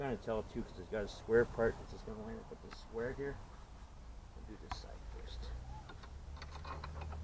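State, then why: Not seated. Someone talks while fitting a square part into the square socket on the handle of a Greenworks Pro 21-inch 80V lithium 3-in-1 lawn mower, so that it cannot turn. Quiet handling noises and a few faint taps follow near the end, but the part has not seated or clicked into place yet.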